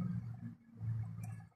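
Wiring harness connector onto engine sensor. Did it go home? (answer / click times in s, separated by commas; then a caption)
no / none. During timing chain reassembly on a VW 2.0 FSI engine in a Golf/Jetta Mk5, a wiring harness connector is pushed onto an engine sensor. A steady low hum runs throughout, with a faint tick at 1.2 s and a sharp burst at the very end around 1.6 s. The connector does not click because a pin on the sensor is broken.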